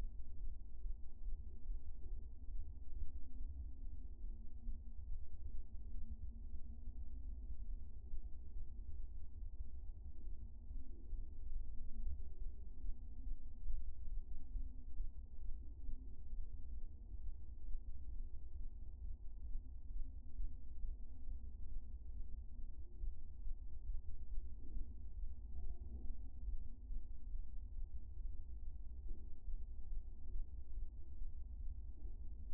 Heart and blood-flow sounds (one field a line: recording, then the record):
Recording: fetal heart sounds by stethoscope on the mother's abdomen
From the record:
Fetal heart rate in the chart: 132 bpm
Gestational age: 34 weeks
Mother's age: 22 years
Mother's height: 150 cm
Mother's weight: 62 kg